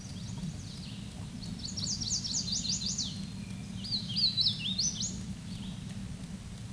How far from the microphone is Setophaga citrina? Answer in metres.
about 10 m